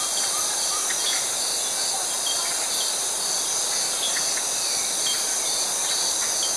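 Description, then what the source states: Cicada song, intense and constant high-pitched whirring, with scattered short calls mixed in. Tropical forest.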